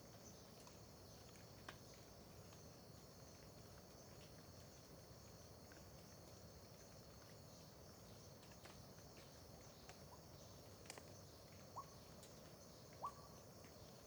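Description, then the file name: Faint crickets trilling steadily high up, with scattered sharp drips against a quiet low rumble. Terra Ronca park, near the road, at dawn; dripping water also present; AB stereo recording. "Ambiencia parque terra ronca perto da estrada amanhecer com bacurau, gotejar, grilos, gravacao em ab"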